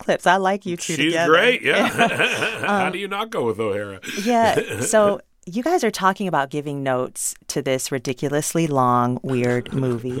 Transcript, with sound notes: I like you two together.
She's great, yeah (laughter). How do you not go with O'Hara (laughter)?
Yeah. So you guys are talking about giving notes to this ridiculously long, weird movie.